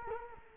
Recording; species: mosquito wingbeat signal from an infrared sensor; Culex quinquefasciatus